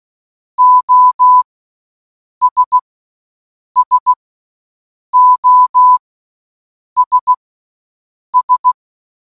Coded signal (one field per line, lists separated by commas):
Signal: Morse code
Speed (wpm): 16 wpm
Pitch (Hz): 1000 Hz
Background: none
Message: OS SOS S